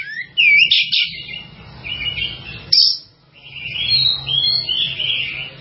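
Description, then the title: Java sparrow song: a looping whistled note and high chirps, a brief pause, then a sustained warbling chatter over a low steady hum. "kicau gelatik"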